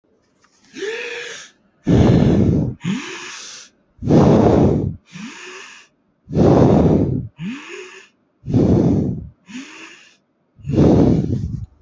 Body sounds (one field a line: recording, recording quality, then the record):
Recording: deep breathing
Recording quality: excellent, no background noise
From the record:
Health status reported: respiratory illness, not identified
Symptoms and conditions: fever, hypertension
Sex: male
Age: 26 years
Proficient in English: yes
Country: India